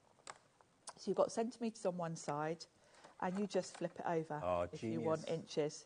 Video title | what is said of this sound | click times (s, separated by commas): HobbyMaker Live | and the ruler clips out. | 0.3 s, 0.9 s